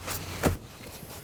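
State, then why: Not seated. A rear seat bottom cushion on a 2020-2027 Toyota Corolla is handled during fuel pump module replacement, with its corners about to be pressed down so the retaining clips engage the floor brackets. There is soft handling rustle, with one brief, dull thump around 0.5 s and quieter shuffling after it. Nothing has seated or clicked yet.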